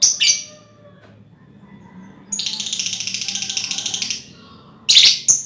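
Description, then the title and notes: Lovebird chattering: a short harsh call, then a long rapid buzzy chatter of pulsed notes lasting about two seconds, ending with more harsh chirps. Lovebird ngekek song, described as the longest, used as a lure song (kicau pancingan). "Master Kicau Lovebird ngekek, kicau pancingan"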